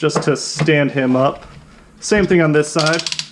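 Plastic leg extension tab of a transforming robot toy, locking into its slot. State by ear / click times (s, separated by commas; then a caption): not seated / none. Someone talks while handling the second leg of a Transformers Legacy Cybertron Metroplex robot toy, lengthening it by working the plastic leg extension tab toward its slot. The tab has not yet locked into place, and nothing has seated or clicked.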